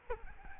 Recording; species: mosquito wingbeat signal from an infrared sensor; Aedes albopictus